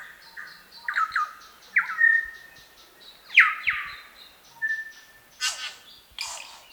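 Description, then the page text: New Zealand bellbird calls: several spaced notes with thin high whistles between them, then two broad scratchy bursts near the end. "Chris Benesh - Медосос-колокольчик, или Макомако (Anthornis melanura)"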